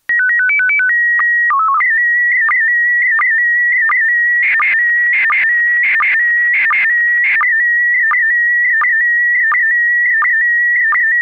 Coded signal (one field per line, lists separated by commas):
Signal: SSTV (slow-scan television)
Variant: PD 90